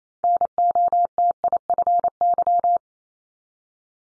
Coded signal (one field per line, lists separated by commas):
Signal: Morse code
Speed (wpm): 28 wpm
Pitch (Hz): 700 Hz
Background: none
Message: NOTIFY